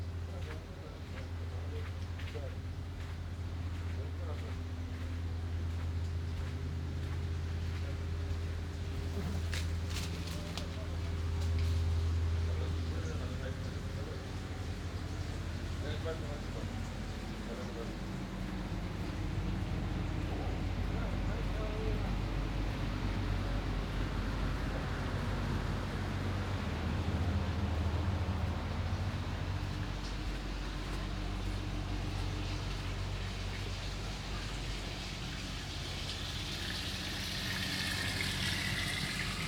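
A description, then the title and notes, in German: A constant sea wash surrounds an island walk, with a deep engine hum early on, faint voices, and brighter surf hiss near the end. Immersive Binaural 3D Audio: Sounds of Huvafen Fushi auf dem Malediven. Soundwalk über die Insel mit dem allgegenwärtigen Rauschen des Meeres als Begleiter.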